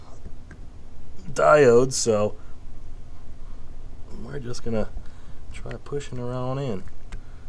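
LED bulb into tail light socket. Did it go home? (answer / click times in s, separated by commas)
no / none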